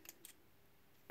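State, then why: Released. The bit-release chuck sleeve on a Wera Kraftform Micro/Kompakt screwdriver handle is pulled forward with a thumb and finger, giving sharp clicks at about 0.1 and 0.3 seconds as it locks forward in place and the bit comes out. A louder short knock follows at about 1.1 seconds. The bit is released and the sleeve stays held in the forward position.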